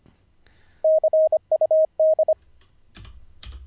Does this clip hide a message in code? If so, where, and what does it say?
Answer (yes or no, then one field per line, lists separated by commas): yes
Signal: Morse code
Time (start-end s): 0.8-2.3 s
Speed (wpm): 25 wpm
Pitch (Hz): 630 Hz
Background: none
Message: CUD